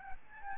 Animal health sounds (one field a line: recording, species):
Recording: mosquito wingbeat signal from an infrared sensor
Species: Aedes albopictus